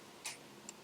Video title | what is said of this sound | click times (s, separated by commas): Unboxing / test de la Trottinette électrique tout terrain étanche ip 65 de chez Speedtrott la XT-800 | ça peut pas prendre de jeu faut entendre le petit clips | 0.3 s, 0.7 s